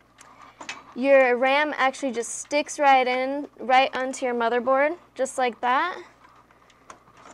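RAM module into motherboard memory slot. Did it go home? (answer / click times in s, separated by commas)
yes / 6.9 s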